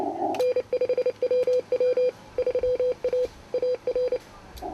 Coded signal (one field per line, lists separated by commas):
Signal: Morse code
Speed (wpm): 29 wpm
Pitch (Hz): 500 Hz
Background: none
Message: N5WW 3A AR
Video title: Bella Vista Radio Club 2019 Field Day, Part 2 of 2